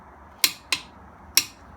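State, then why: Torque reached. A click-type torque wrench tightening a wheel lug nut clicks sharply at 0.4 s and 0.7 s, showing it has reached its set 100 ft-lb so the wheel won't come off on the road. A third sharp click follows at 1.4 s over a quiet background.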